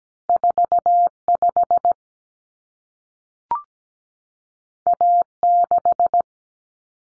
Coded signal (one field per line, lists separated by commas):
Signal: Morse code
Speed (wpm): 17 wpm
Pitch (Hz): 700 Hz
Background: none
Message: 45 A6